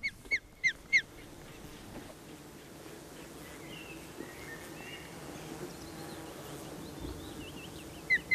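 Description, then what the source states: Osprey calls: a few sharp, shrill whistles at the start, a quieter stretch with faint high notes, then two more shrill notes at the end. Played recording; the call is described as probably quite shrill.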